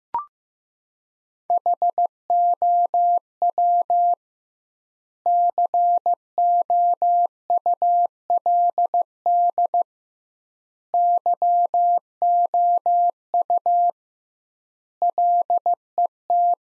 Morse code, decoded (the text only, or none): HOW COULD YOU LET